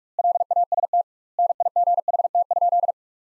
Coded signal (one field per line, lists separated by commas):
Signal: Morse code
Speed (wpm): 41 wpm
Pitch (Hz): 700 Hz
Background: none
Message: LAST NIGHT?